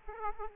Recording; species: mosquito wingbeat signal from an infrared sensor; Aedes aegypti